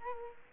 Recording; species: mosquito wingbeat signal from an infrared sensor; Culex quinquefasciatus